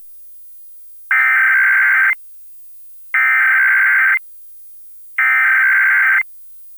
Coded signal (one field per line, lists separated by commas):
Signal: Emergency Alert System (SAME) tones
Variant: header bursts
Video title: 2021 National Periodic EAS Test - EAS 65-70